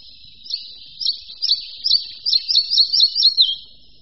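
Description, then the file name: Red-breasted flycatcher with sharp high chirps repeated about twice a second, accelerating into a quick descending trill. "Lejsek-malý"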